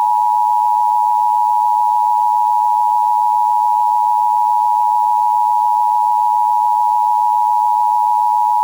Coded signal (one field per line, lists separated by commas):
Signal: Emergency Alert System (SAME) tones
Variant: 853 and 960 Hz attention tone